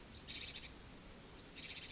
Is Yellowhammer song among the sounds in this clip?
no